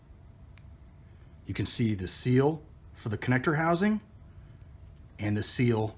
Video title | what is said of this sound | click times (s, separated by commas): Renn WP 2019 04 29 rev3 | And now we have the other side, which we pre-crimped, and we insert it with another click. | 0.6 s